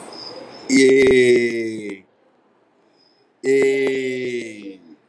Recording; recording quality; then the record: sustained vowel as in made; excellent, no background noise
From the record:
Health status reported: healthy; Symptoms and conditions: none ticked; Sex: male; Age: 41 years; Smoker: yes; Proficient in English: yes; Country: India